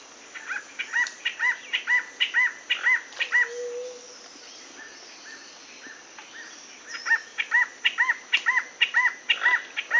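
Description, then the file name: Rio Branco antbird song: two bouts of repeated arched notes at an even pace, about two per second, separated by a pause of a few seconds with a brief low hum. "canto do chororo do rio branco"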